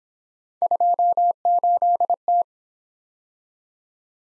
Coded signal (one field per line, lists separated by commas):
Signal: Morse code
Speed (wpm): 25 wpm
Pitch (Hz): 700 Hz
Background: none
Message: 28T